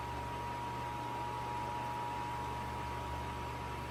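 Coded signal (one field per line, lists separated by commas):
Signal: Emergency Alert System (SAME) tones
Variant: 853 and 960 Hz attention tone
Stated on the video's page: New Jersey Required Monthly Test relayed on MeTV; a relay problem persists.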